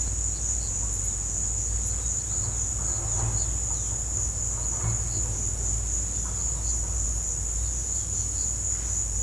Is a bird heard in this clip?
yes